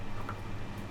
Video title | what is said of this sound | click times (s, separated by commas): [How to] Fix an issue with a Party Keg | And then it clicks into place. Doesn't come off if you pull it up. | 0.3 s